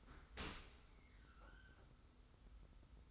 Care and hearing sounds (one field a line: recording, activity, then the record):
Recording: daily activity, microphone in the room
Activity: open dishwasher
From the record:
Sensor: 3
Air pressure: 991.3 hPa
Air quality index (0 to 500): 136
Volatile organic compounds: 242 ppm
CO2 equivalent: 4340 ppm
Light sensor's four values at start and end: 52/142/58/51 and 52/142/58/51